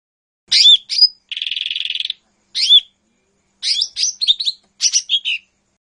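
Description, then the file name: Lesser green leafbird giving high whistled slurs, a buzzy rattle, another slur, then a run of varied chirping notes. "cucak hijau mini. omkicau"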